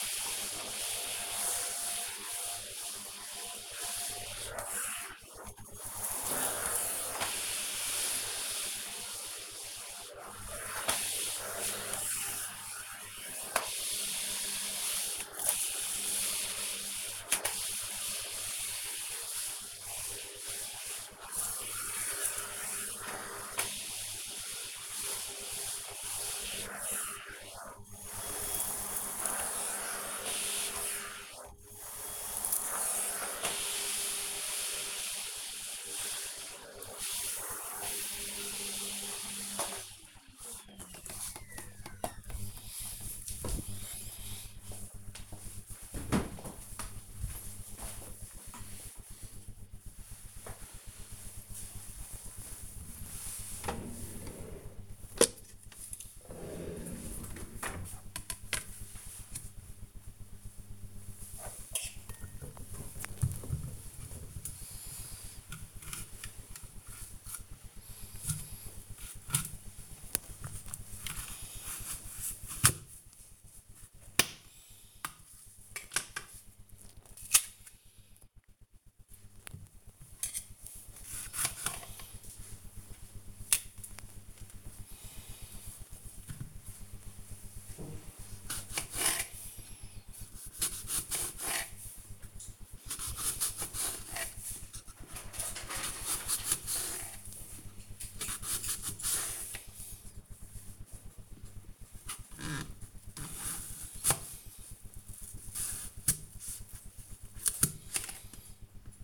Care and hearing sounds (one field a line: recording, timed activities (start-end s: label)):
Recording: household activities, microphone on the right wrist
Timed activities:
0.00-38.74 s: vacuum cleaning
61.90-109.04 s: cutting vegetables